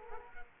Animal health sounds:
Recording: mosquito wingbeat signal from an infrared sensor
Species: Culex quinquefasciatus

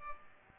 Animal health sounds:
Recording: mosquito wingbeat signal from an infrared sensor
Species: Culex pipiens

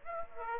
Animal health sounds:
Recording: mosquito wingbeat signal from an infrared sensor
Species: Aedes aegypti

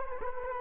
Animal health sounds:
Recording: mosquito wingbeat signal from an infrared sensor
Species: Culex quinquefasciatus

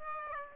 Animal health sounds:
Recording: mosquito wingbeat signal from an infrared sensor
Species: Aedes aegypti

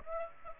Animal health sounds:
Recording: mosquito wingbeat signal from an infrared sensor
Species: Aedes aegypti

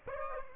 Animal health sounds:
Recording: mosquito wingbeat signal from an infrared sensor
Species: Aedes aegypti

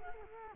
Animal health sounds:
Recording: mosquito wingbeat signal from an infrared sensor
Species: Culex quinquefasciatus

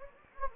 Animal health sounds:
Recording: mosquito wingbeat signal from an infrared sensor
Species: Anopheles gambiae

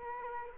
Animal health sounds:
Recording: mosquito wingbeat signal from an infrared sensor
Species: Culex quinquefasciatus

